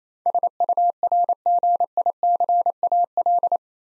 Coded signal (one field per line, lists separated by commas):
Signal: Morse code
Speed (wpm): 29 wpm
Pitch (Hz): 700 Hz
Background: none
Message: SURGICAL